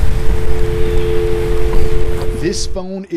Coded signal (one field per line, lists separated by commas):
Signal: telephone call progress tone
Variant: North America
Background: speech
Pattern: dial tone